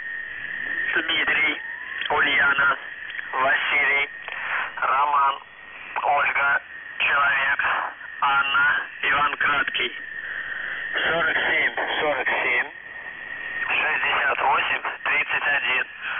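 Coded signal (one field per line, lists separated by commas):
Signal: coded military voice message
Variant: UVB-76, Russian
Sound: a man's voice reading words and numbers over a noisy radio channel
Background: radio static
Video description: Callsign: ANVF (АНВФ) Message text: 60 148 DUVROChAJ (ДУВРОЧАЙ) 47 47 68 31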